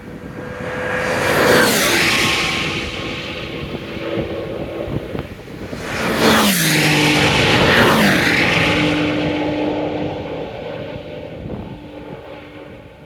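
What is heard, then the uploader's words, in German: Vehicles pass by quickly, each one rising to a loud rush and then dropping in pitch as it goes. Passes peak around two seconds and again near six to eight seconds, with steady engine tones sliding downward and a constant low rumble underneath. Flotte Vorbeifahrt.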